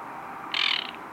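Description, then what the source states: Baillon's crake giving a short, dry call lasting under half a second, over steady background noise. Recorded at Ammersee on 12 June 2015.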